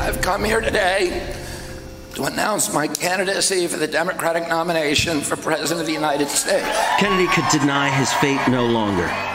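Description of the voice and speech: An adult man's voice sounds tight, strained and rough, with a choppy, effortful quality to otherwise fluent speech, before a smoother narrator's voice closes. This is spasmodic dysphonia, a neurological voice disorder in which the vocal cord muscles spasm during speech, damaging the voice.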